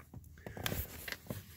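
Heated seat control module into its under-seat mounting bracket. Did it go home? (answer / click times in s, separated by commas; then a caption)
yes / 0.7 s. A heated/cooled seat control module is slid up into its mounting bracket under the seat until its plastic keepers catch, and it pops into place with a sharp click at 0.7 s. Fainter knocks and rustles come before and after, and the module is confirmed installed.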